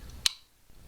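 A base plate is pushed onto a pistol magazine body for a PX4 Storm and clicks home with one short, sharp click at 0.3 s. The click rises well above a low background rumble and is followed by near silence. The base plate is seated on the magazine.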